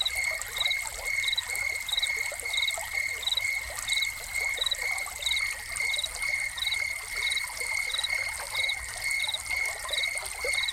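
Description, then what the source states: Cricket producing a constant high-pitched trill and evenly repeated chirps, while water pours and trickles in the background. Soundscape of crickets calling beside a fountain.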